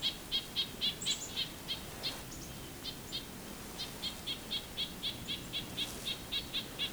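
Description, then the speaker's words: Nuthatch calls in a rapid run of clipped nasal notes, briefly quieter midway then resuming evenly, with a few thin higher notes. Nuthatches unhappy about something and making quite a racket, near Lion's Head, Bruce Peninsula, the day after a Christmas Bird Count. "Nuthatches are making quite a racket."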